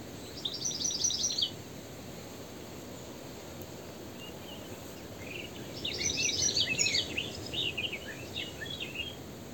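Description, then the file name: European goldfinch twittering: two bouts of bright, liquid notes separated by a pause, over constant low background noise. "Carduelis carduelis"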